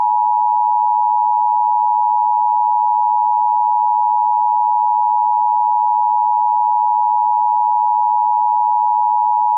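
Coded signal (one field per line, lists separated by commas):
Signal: Emergency Alert System (SAME) tones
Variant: 853 and 960 Hz attention tone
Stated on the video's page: EAS scenario mock, not a real alert.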